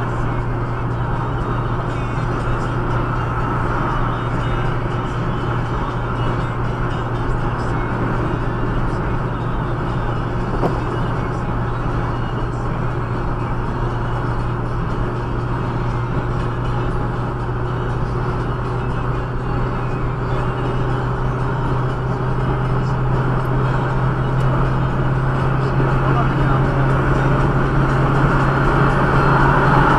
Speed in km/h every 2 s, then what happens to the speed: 113, 113, 113, 112, 112, 112, 112, 113, 115, 116, 119, 122, 124, 127, 129.
0-14 steady at about 112. 14-30 speeds up to 129.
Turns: none.